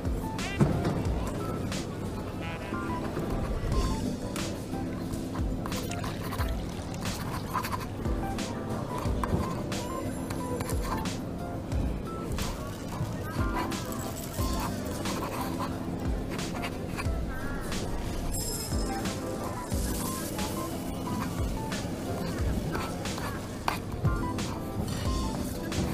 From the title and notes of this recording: Coffee shop ambience. Voices. Cutlery.